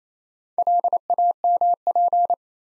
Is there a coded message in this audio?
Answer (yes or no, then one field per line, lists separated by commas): yes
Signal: Morse code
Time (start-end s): 0.6-2.3 s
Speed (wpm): 28 wpm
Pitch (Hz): 700 Hz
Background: none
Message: LAMP